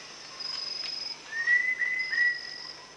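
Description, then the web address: Rufous-tailed shama, one short run of bright whistles rising then level, with a high insect trill underneath. Recorded at Danum; dated 1 January 2008. "DANUM 20080101. rufous-tailed shama"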